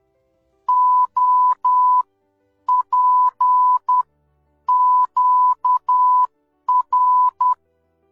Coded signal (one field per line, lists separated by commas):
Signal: Morse code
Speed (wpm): 10 wpm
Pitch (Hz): 1000 Hz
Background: none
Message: O P Q R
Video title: Learn Morse code in 60 seconds